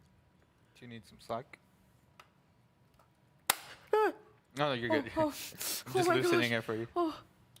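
An RTX 4080 graphics card is handled and lined up with the motherboard PCIe slot in a Phanteks G500a build while someone talks, with a sharp tap near 3.5 s and a few faint ticks. Nothing has seated or clicked yet. The card is meant to be pressed in until the retention latch gives a solid click, which is needed to make sure it is properly in.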